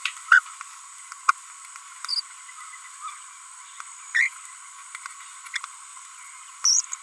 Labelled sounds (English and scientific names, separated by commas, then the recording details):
Green-rumped Parrotlet (Forpus passerinus) babbling
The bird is a female
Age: 30 days
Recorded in a nest box in Venezuela
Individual 17B42B3